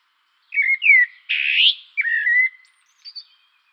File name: turdus merula